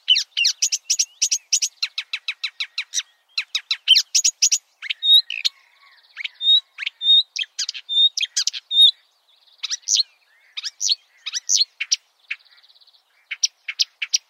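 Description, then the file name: Marsh warbler song, fast repeated dry chattering phrases, then clear high whistled notes and varied chirps in a lively sequence. "suara-kicauan-burung-marsh-warbler -omkicau"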